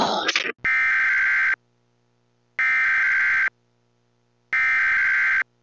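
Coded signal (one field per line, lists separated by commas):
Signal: Emergency Alert System (SAME) tones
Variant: header bursts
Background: speech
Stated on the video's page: Fictional mock EAS animal release warning.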